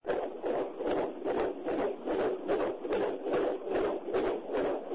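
Rapid, steady whooshing pulses at about 145 beats a minute, with a soft swishing, galloping quality typical of a Doppler probe. This is a fetal heartbeat, at a rate within the usual fetal range.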